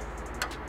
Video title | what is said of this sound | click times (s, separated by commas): 1960 Cadillac Body Drop Fabrication, Rust Repair & Bracing | click and then this motor has a worm gear | 0.4 s